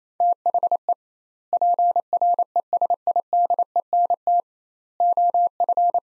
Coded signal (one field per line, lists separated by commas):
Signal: Morse code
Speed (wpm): 28 wpm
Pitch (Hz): 700 Hz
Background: none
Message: THE PRESIDENT OF